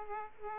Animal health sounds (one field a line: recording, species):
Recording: mosquito wingbeat signal from an infrared sensor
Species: Aedes aegypti